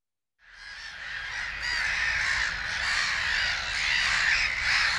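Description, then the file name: Black-headed gulls fading in after a brief silence, then a thick chorus of raucous, rasping calls that grows slightly louder toward the end. "Digiffects Sound Effects Library - Black-Headed Gull Bird"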